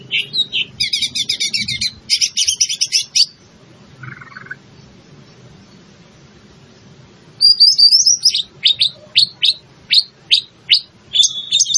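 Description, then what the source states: Greater green leafbird song: rapid buzzy trills at first, a pause, then a loud series of clear, sweeping whistled notes repeated quickly. Bird in full song, described as gacor.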